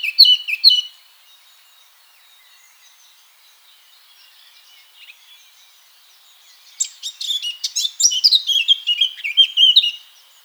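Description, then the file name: Eurasian blackcap song: a short warbled phrase at the start, a long quiet gap, then a longer loud run of quick, varied chattering and fluty notes. "Sylvia atricapilla"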